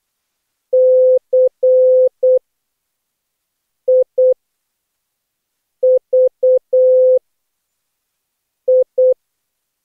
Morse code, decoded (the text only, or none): CIVI